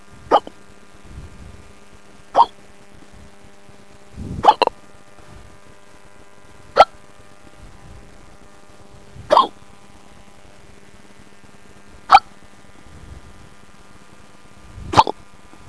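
Seven sharp, squeaky hiccups from an adult at a steady pace of about one every two and a half seconds.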